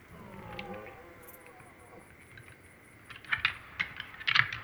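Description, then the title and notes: Red deer: a faint fading bellow, then a burst of sharp irregular clicks and clacks, with a steady insect hiss in the background. Rut; three stags repeatedly confronting, several fights this night; 23:15, 4 October 2019; Drôme, France; insects active; binaural recording with two MKH 8020 microphones on a MixPre-3. "04 octobre 2019-23h15-Drôme"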